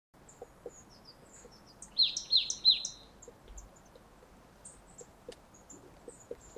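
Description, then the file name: Marsh tit uttering three quick, clear, high downslurred notes in a short burst, with a few faint high chips scattered around them. "Poecile palustris"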